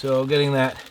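Someone talks while handling the leather retention strap of a Craft Holsters crossdraw holster over a P226 pistol wrapped in a plastic bag. The snap has not closed or clicked into place yet.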